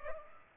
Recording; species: mosquito wingbeat signal from an infrared sensor; Culex pipiens